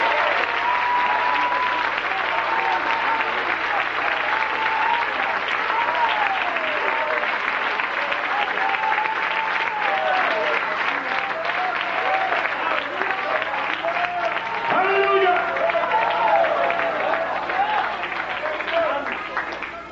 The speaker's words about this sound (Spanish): ¿Usted cree que el Espíritu está hablando o no? Ahora, si usted cree que el Espíritu está hablando, déle un aplauso al cielo.